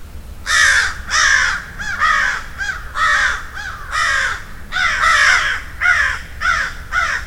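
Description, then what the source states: Crows cawing loudly and repeatedly, about a dozen hoarse, drawn-out caws in an uneven rhythm, some short notes squeezed between them. A murder (flock) of crows.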